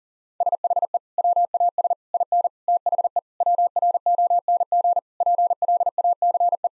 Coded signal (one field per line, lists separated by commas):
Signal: Morse code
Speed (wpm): 37 wpm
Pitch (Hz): 700 Hz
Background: none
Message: SHE WAS IN THE WRONG PLACE